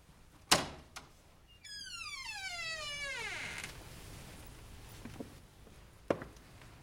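A bathroom door opens: a sharp latch click, then a long creaking hinge squeal that slides downward in pitch, followed by a couple of soft knocks and a final thunk.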